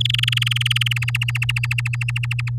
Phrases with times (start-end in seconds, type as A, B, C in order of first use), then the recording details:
0.00-0.98 A, 1.02-2.50 B. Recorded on 8 May 2018 at 12:46. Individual llb16